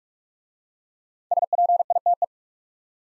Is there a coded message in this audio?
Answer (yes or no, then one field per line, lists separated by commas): yes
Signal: Morse code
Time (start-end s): 1.3-2.2 s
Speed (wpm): 44 wpm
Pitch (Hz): 700 Hz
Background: none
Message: SPITE